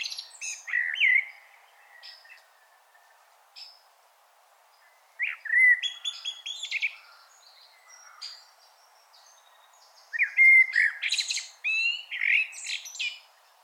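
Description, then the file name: Common blackbird song: three mellow, fluted warbling phrases, each ending in a high squeaky twitter, separated by pauses of a few seconds. "Turdus merula"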